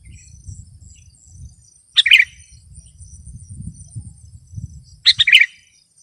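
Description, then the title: Sooty-headed bulbul song: two short bubbly chirping phrases about three seconds apart, over a steady high insect whine and a low rumbling background. "kutilang"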